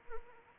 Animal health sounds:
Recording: mosquito wingbeat signal from an infrared sensor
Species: Anopheles arabiensis

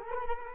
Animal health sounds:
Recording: mosquito wingbeat signal from an infrared sensor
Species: Culex quinquefasciatus

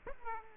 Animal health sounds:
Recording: mosquito wingbeat signal from an infrared sensor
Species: Aedes aegypti

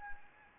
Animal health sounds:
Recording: mosquito wingbeat signal from an infrared sensor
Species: Anopheles arabiensis

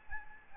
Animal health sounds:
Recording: mosquito wingbeat signal from an infrared sensor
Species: Aedes albopictus

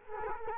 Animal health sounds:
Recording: mosquito wingbeat signal from an infrared sensor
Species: Culex quinquefasciatus

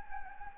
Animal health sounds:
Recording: mosquito wingbeat signal from an infrared sensor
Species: Anopheles gambiae

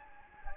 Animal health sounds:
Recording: mosquito wingbeat signal from an infrared sensor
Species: Anopheles gambiae

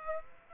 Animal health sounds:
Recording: mosquito wingbeat signal from an infrared sensor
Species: Aedes aegypti

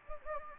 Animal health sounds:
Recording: mosquito wingbeat signal from an infrared sensor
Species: Anopheles gambiae

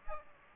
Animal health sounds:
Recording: mosquito wingbeat signal from an infrared sensor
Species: Aedes aegypti

